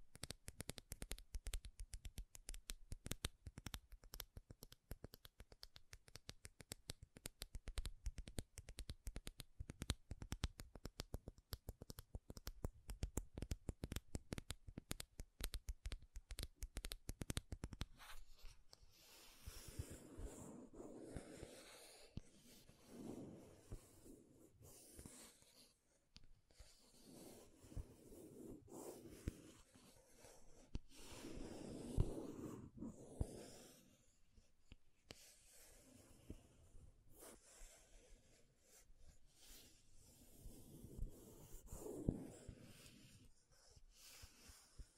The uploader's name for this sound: MAKEUP TAPPING & SCRATCHING